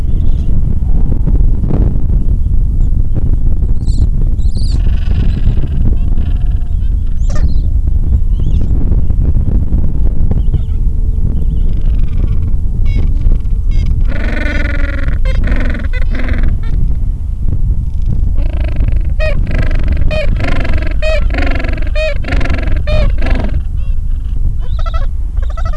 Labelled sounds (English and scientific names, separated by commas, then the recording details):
Gentoo Penguin (Pygoscelis papua)
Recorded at the colony at Whistle Cove, on 23 December 2014
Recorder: Song Meter SM2+